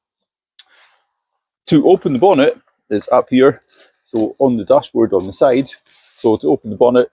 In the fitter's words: and locks back in place just with a twist.